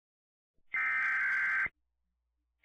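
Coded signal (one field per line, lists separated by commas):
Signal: Emergency Alert System (SAME) tones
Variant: header bursts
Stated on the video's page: Fictional EAS alert in a story episode about an asteroid headed for Earth.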